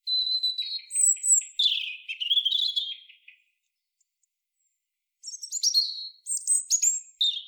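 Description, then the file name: European robin singing a sweet, wavering high phrase that drops in pitch, then after a short silence a run of bright, tumbling notes. "Erithacus rubecula"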